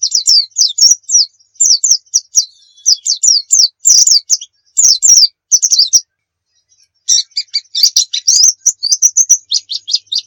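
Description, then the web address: White-eye song, lively high twittering of quick slurred notes in bursts, a gap of about a second, then busier chattering phrases. Pleci of the muria type, a song used as training audio for birds. "pleci muria. masteran pleci"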